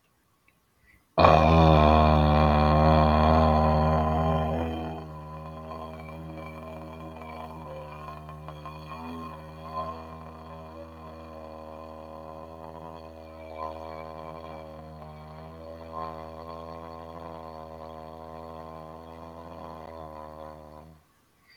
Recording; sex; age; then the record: vowel held as long as possible; male; 50 to 59 years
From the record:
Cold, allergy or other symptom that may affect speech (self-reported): no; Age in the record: 58 years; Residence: Georgia, United States